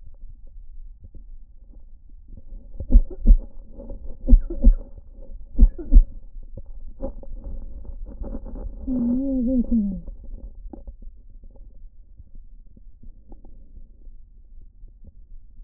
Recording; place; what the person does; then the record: lung sounds by stethoscope; right anterior apical chest; quiet breathing, then cough and speech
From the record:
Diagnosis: interstitial lung disease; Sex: male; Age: 47 years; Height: 159 cm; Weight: 66.8 kg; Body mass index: 26.4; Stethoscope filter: diaphragm mode